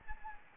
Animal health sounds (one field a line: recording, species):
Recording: mosquito wingbeat signal from an infrared sensor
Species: Anopheles gambiae